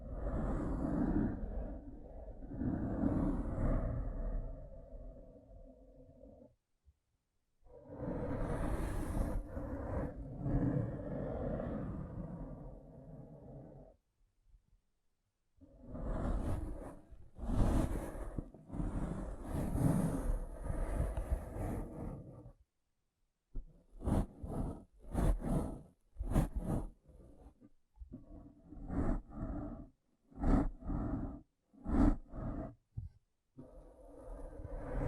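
Rough brain cleaning and picking: heavy, low, grinding scrapes come in long dense bursts, broken by brief silences near 7, 15 and 23 seconds. After that the work turns choppy, with short quick picks and crisp wet snaps repeating unevenly to the end.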